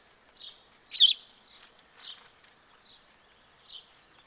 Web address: SETE data Passer domesticus